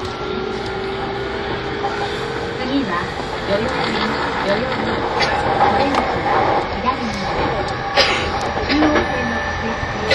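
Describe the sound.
Yamanote Line E231 train interior: a steady rumble and hum with a faint rising tone, plus scattered clicks and murmuring voices throughout.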